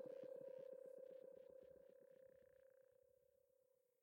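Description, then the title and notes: Frog or toad calls, a quiet series of rapid pulsed clicks over a steady low tone, fading away toward the end. Every sound is a frog or toad; recorded December 2017. "every sound you hear on this is a frog or a toad - recorded December 2017"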